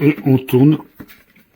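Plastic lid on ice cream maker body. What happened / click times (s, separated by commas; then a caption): The lid is being turned but has not yet clicked home / none. Someone talks while the twist-lock plastic lid of a Vpcok Direct 1.5 L ice cream maker is being turned on the machine's body toward its catch. Faint handling noises follow around 1.0 s and 1.4 s. The lid has not clicked home or seated yet.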